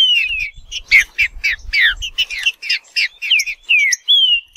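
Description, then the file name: Green-winged saltator song, rapid whistled notes and chips ending in longer descending whistles. "canto do trinca ferro"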